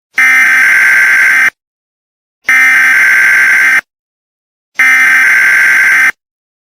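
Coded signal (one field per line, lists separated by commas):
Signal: Emergency Alert System (SAME) tones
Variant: header bursts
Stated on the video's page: Made-for-fun mock Severe Thunderstorm Watch.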